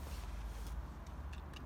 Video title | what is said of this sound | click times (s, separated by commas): Auto Trail Tracker Motorhome: How it works | push it back up push until you hear a click | 1.3 s, 1.6 s